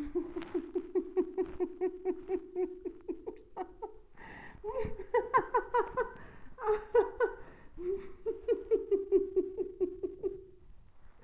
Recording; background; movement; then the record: laughter; quiet; sitting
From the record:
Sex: female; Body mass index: 21.8 kg/m2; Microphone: on the chest, facing the body